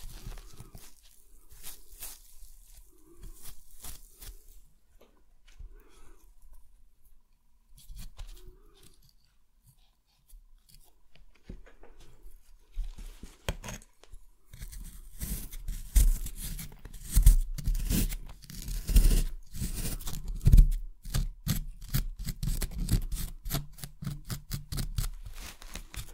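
Excavation kit tools scrape and tap in sparse, irregular strokes, then grow denser and louder after about fifteen seconds with rapid gritty scratching.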